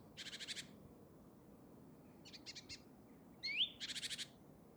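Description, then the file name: Great tit harsh churring calls: three bursts of rapid buzzy pulses, with a sharp rising whistled note just before the last burst; quiet low background hiss. "Parus major"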